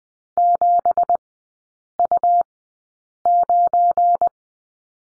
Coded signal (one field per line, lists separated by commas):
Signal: Morse code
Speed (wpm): 20 wpm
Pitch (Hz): 700 Hz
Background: none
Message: 7U9